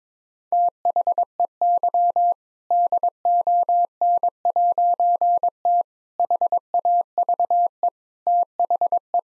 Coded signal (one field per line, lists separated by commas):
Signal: Morse code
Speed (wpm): 22 wpm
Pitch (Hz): 700 Hz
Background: none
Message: THEY DON'T HAVE THE